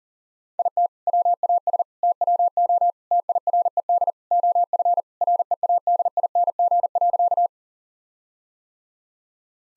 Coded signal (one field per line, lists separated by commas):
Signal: Morse code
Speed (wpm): 40 wpm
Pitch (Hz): 700 Hz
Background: none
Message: IT WAS TWO TIRED OF READING.